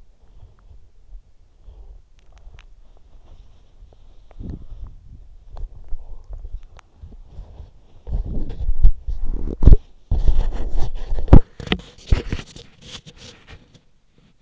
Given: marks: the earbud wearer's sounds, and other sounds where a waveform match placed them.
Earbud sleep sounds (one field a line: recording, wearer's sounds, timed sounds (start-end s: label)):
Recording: sounds in sleep by an in-ear microphone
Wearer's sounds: body movement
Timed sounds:
0.00-14.41 s: body movement